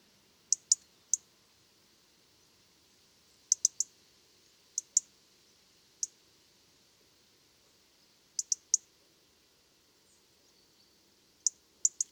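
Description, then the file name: European robin giving sharp, very high ticking calls singly, in quick pairs and in triplets, separated by pauses of a second or more, over a faint low hiss. "Erithacus rubecula"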